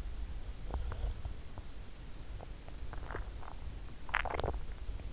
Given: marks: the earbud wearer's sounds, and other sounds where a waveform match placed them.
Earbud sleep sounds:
sounds in sleep by an in-ear microphone; teeth grinding, swallowing
0.39-1.92 s: teeth grinding
2.27-4.64 s: swallowing

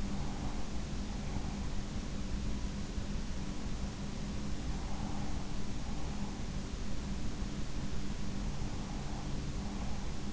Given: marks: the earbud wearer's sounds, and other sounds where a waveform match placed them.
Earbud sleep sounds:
sounds in sleep by an in-ear microphone; breath
0.00-1.65 s: breath
4.28-6.57 s: breath
8.62-10.33 s: breath

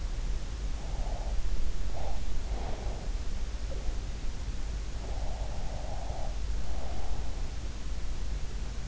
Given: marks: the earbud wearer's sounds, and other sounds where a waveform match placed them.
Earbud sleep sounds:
sounds in sleep by an in-ear microphone; breath
0.66-1.41 s: breath
1.87-3.24 s: breath
4.92-7.34 s: breath

